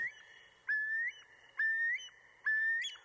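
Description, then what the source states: Eurasian curlew calls: clear whistled notes, each rising at the end, repeated about every second. Endangered species.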